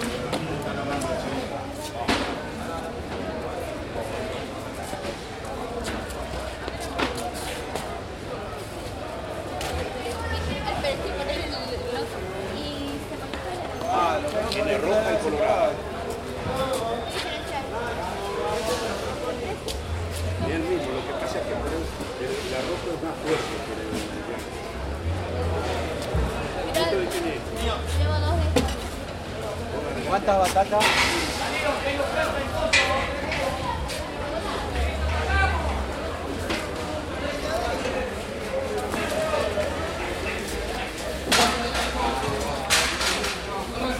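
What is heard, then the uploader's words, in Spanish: Busy market hall with a steady murmur of many voices, occasional sharp clatters and knocks, and low rumbling from traffic or machinery. Ferias y mercados. Mercado de Abasto de Bahía Blanca.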